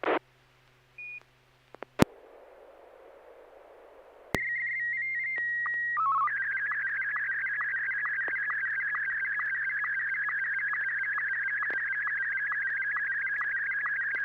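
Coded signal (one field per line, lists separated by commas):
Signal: SSTV (slow-scan television)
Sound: radio hiss, steady high tone, quick low-tone code, then warbling buzzy scan tones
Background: radio static, low hum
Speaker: This is Kilo India 1 Tango Tango Yankee.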